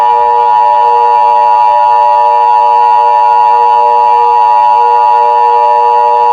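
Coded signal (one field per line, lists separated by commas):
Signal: Emergency Alert System (SAME) tones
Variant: 853 and 960 Hz attention tone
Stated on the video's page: Fictional alert scenario made with app-based editing and narrator voice software.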